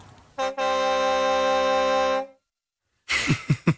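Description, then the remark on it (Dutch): A truck's air horn gives a short blast, then a long, loud, steady honk rich in harmonics that cuts off abruptly, followed after a pause by a brief burst of rumbling noise. “Ook een lekkere toeter op het einde.”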